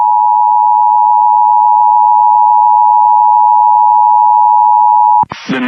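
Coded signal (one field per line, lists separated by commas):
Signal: Emergency Alert System (SAME) tones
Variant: 853 and 960 Hz attention tone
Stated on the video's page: Real EAS alerts from a tornado outbreak.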